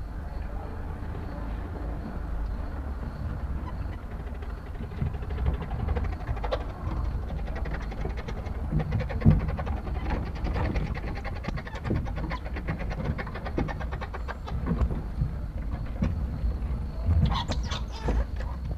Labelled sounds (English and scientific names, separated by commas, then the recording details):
Common Marmoset (Callithrix jacchus) call
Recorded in captivity
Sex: group
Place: Tierpark Berlin, Berlin, DE
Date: 1961-01-11 13:30
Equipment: Minifon, Kopie Smaragd
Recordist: Tembrock, Günter